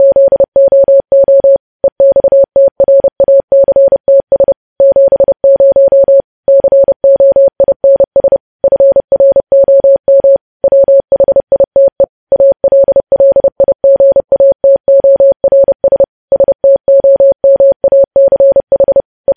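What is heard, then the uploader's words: Morse code sent as a single steady mid-pitched tone, keyed on and off in quick short and long pulses. The beeps run at a brisk, even pace for the whole stretch, with brief silent gaps between groups and no other sounds behind them. Morse code transcription.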